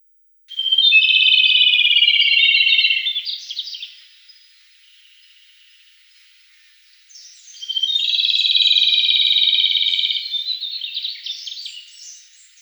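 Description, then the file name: Rufous-tailed robin singing two phrases separated by a pause, each a whistled note opening into a fast, slightly descending trill with buzzy ends. "Solovej svistun"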